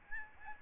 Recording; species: mosquito wingbeat signal from an infrared sensor; Aedes albopictus